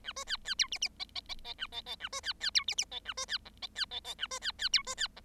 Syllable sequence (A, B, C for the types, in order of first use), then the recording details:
A B C C D E E F F F F A F F A B C C D E E F A B C G F C F F A B C C D B C G. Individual Bird7